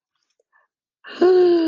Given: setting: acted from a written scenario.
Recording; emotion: vocal sound without words; relief